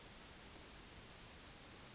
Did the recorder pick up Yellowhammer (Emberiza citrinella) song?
no